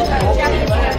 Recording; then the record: background sound without coughing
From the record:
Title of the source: Nightlife Party Simulating Party Club Noise 1 Hour